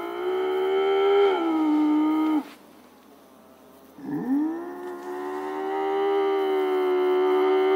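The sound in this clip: Iberian lynx making two long, drawn-out wailing calls. The first falls slightly at its end, then a short pause, then the second swoops upward and holds steady.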